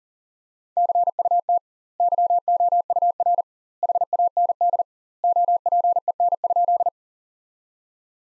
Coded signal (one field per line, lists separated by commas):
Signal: Morse code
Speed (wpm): 40 wpm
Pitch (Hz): 700 Hz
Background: none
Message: CUT YOUR HAND OPEN?